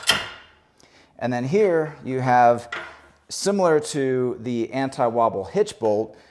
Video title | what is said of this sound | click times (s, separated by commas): Yakima EXO SwingBase with EXO GearLocker - Installation and Overview | it snaps back into itself on this end again | 0.1 s